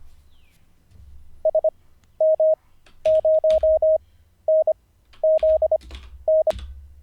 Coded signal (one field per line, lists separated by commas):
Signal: Morse code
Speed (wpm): 25 wpm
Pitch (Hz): 630 Hz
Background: none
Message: SM0NZN